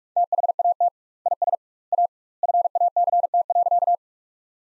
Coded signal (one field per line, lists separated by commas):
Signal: Morse code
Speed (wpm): 47 wpm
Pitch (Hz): 700 Hz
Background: none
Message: THAT IS A FACT.